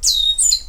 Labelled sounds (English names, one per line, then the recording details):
Stitchbird song
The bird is a male
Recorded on Tiritiri Matangi Island, New Zealand, in 2005
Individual 19, of nest box 27